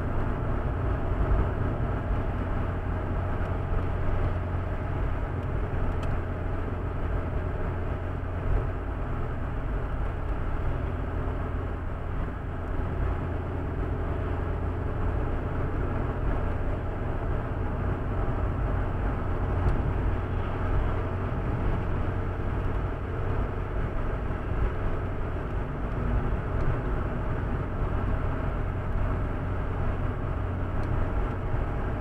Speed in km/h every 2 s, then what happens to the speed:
83, 84, 82, 81, 79, 78, 78, 81, 83, 84, 86, 86, 85, 83, 83, 85.
0-12 steady at about 81. 12-20 speeds up to 86. 20-32 steady at about 85.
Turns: none.